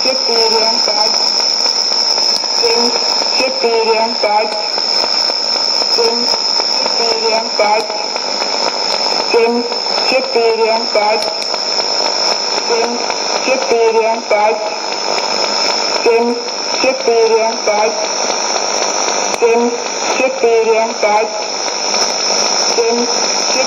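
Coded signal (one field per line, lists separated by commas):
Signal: numbers station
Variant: S06s, Russian female voice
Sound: a woman's voice reading short, evenly paced words or numbers over constant hiss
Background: radio static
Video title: 21 09 2016 Number station S06s Russian Lady to Eu 0742 on 12140 unknown tx site CUSB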